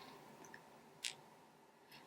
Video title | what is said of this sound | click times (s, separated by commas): New Luxury Makeup That Totally Surprised Me! - Giveaway #5 (closed) | i also like that it's got a closure that like snaps can you hear that | 1.1 s